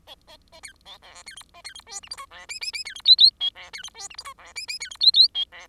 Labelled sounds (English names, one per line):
Bengalese Finch song